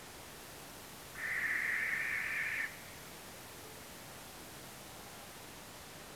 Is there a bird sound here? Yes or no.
yes